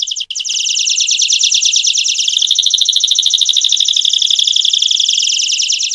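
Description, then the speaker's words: Canary song: dense, rapid, bright trilling and rolling notes pour out almost without pause in one continuous high chatter. Two canaries. "En ce moment, vous entendez deux canaris."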